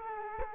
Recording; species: mosquito wingbeat signal from an infrared sensor; Culex quinquefasciatus